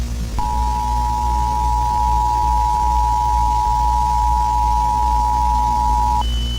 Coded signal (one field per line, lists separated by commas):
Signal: Emergency Alert System (SAME) tones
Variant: 853 and 960 Hz attention tone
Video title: Friday Night Funkin: The Corruption | A Halloween EAS Scenario